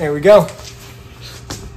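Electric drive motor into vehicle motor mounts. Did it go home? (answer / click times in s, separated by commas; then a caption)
yes / 1.5 s. A Tesla drive motor is lowered and lined up onto custom welded steel motor mounts in a VW bus while someone talks over music. A single sharp knock at 1.5 s marks the motor locking into place on its mounts.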